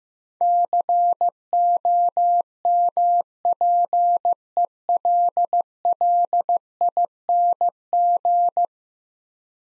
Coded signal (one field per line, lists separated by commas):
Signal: Morse code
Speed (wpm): 15 wpm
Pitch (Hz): 700 Hz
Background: none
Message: COMPELLING